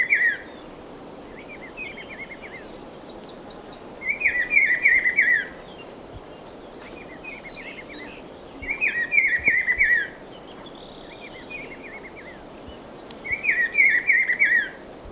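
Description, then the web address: Black-billed peppershrike song, a short rapid warbled phrase repeated about every four to five seconds, with a steady high insect drone throughout. Recorded in Ecuador. "Birds of Ecuador. Black-Billed Peppershrike"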